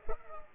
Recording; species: mosquito wingbeat signal from an infrared sensor; Culex pipiens